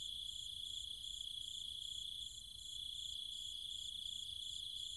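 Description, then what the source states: Cicada: high insect drone with cicadas, a sustained whine plus an even beat of shrill pulses, softening briefly midway. Cicadas and other insects calling at night in trees and fields of the countryside near Chiang Mai, Thailand.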